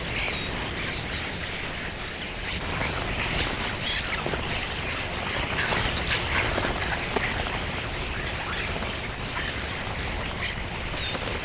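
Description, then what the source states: Common starling: loud, unbroken chatter from a flock of common starlings, rapid clicking and squeaking notes layered with occasional high whistles. A flock of starlings; recording by Fred Jüssi.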